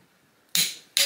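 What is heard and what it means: A click-type torque wrench set to 60 is tightened on the next bolt of a Can-Am V-twin Rotax engine being assembled. It gives a sharp click at 0.6 s, followed by another bright snap at 1.0 s. The wrench is confirmed clicking at its setting, counted as the third bolt.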